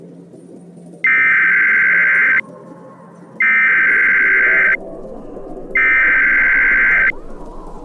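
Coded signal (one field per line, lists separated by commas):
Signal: Emergency Alert System (SAME) tones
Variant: header bursts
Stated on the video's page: Recreation of a fictional EAS scenario for an EF6 tornado, redone from another creator's original.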